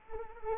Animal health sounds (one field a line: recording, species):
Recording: mosquito wingbeat signal from an infrared sensor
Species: Culex quinquefasciatus